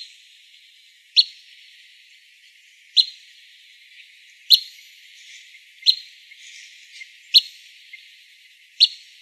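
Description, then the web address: Gray flycatcher calls: short, sharp high chips repeated every one to two seconds over a steady insect-like buzz. "Flycatchers GRFL CALLS. deviche"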